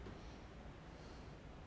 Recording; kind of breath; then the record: one breath in and out by a microphone near the nose and mouth; normal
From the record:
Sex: male